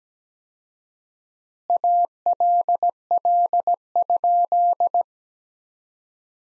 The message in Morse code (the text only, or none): ALL?